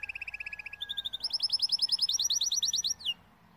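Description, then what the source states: Timbrado canary trilling: a rapid run of repeated notes, then higher runs of repeated upslurred notes, stopping abruptly after about three seconds. Timbrado canary singing, used to teach song.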